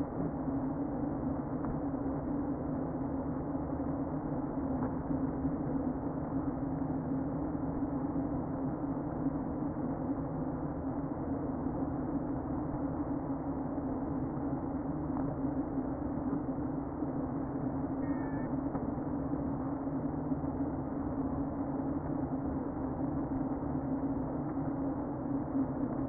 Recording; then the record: honeybee colony, microphone inside the hive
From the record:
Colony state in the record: queen present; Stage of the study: before two queens were removed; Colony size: about 60,000 bees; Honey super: yes